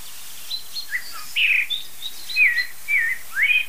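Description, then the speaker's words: Common Chaffinch pink calls, a series of short bright notes in a quiet background. Annoyed chaffinch giving pink calls, a sign of mild excitement. "es ist gerade nur Buchfink, der sich ärgert, oder eine andere Tierart, die Ursache ist für diese Pink-Pink-Rufe"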